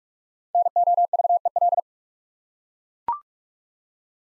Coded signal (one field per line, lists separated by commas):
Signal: Morse code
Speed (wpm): 44 wpm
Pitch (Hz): 700 Hz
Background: none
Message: NOVEL